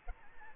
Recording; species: mosquito wingbeat signal from an infrared sensor; Aedes albopictus